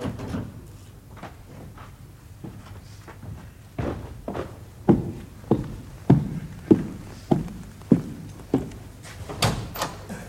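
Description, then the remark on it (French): A series of hard, evenly spaced footsteps with sharp knocking thuds, quiet at first and growing firmer, along with the heavy bump of the door leading to the women's rooms being shut. No one speaks. “Non, il faut que je la ferme aussi pour que vous soyez pleinement justifiée.”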